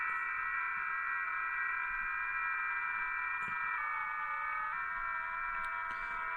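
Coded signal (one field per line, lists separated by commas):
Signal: FT8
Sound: many overlapping soft steady tones, warbling slightly, like a chord of whistles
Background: radio static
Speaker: Voilà, l'agréable doux du FT8.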